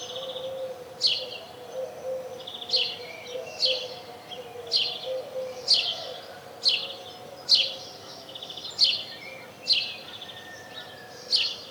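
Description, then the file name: House sparrow giving a steady series of about a dozen short, harsh cheeps, roughly one per second, with a low hum underneath. "Passer domesticus"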